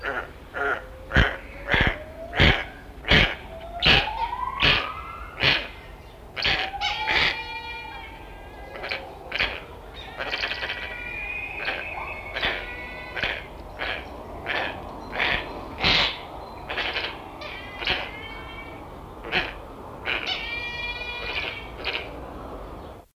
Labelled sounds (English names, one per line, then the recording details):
Tawny Eagle call
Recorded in captivity
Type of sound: call
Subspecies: vindhiana
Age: adult
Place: Zoo London, England, GB
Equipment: Halbspur, 9,5 cm/s
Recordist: Lütgens, Hans
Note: Rufe